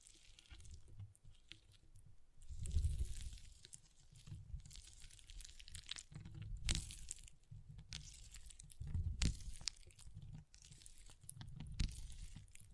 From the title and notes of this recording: ASMR Soothing & Deep Water Beads Sounds (No Talking).